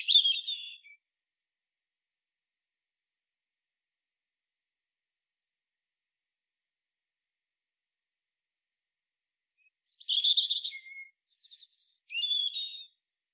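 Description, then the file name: European robin singing a brief high warbled phrase, then a long pause before three more sweet, jumbled phrases at varying pitch. "Erithacus rubecula"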